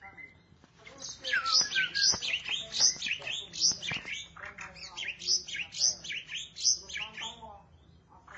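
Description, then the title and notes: Starling song: a busy, varied stream of whistled and chattering notes with rising and falling sweeps, delivered in quick bursts several times a second for most. "suara burung jalak"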